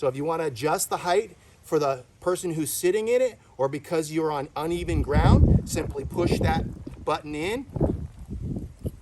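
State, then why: Seated. Someone talks while pushing in the button on a telescoping chair leg and sliding the leg to the next of its three height levels, adjustable for the sitter or for uneven ground. A few short knocks follow near the end, and the button clicks into place at 8.9 s, seating the leg at its new height.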